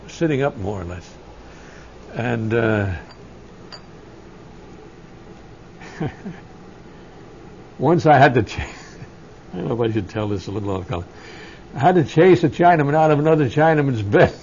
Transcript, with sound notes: sitting up more or less. And, ( he laughs ) once I had the, I don't know how to tell this, it's a little off color. I had to chase a Chinaman out of another Chinaman's bed.